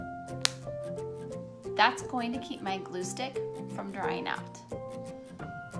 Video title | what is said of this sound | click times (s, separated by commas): Caring for Art Materials: Scissors & Glue | the edge and put on my cap until it clicks | 0.4 s